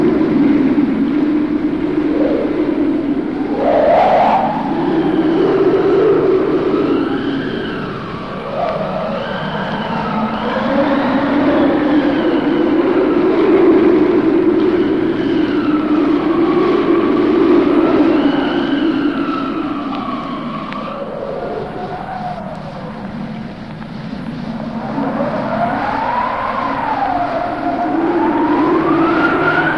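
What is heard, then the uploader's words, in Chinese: Mountaintop wind roars steadily, with wavering whistles that rise and fall throughout and brief lulls near ten and twenty-three seconds. 山顶的风声。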